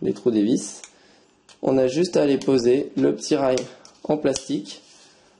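Someone talks while handling a small plastic retaining rail for a 3.5-inch hard drive in the tool-less drive tray of a Synology DS214+ NAS, with the drive already slid in so its screw holes line up. The rail is about to be pressed onto one side of the drive, and nothing has seated or clicked yet.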